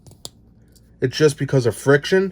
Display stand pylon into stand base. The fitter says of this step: put it in and you're going to hear a little tiny click